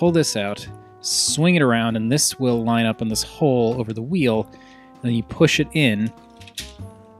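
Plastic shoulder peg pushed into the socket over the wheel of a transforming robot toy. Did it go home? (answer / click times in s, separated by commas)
yes / 6.6 s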